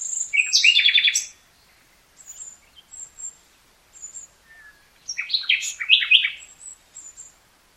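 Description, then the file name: Common nightingale song: a rapid rattling phrase, scattered thin high whistles, then another loud burst of chirping notes. "Luscinia megarhynchos"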